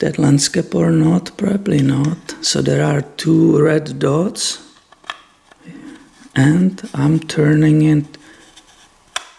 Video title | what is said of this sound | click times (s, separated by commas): SONY HXR-MC88 unboxing | way did you hear that click yep and | 9.2 s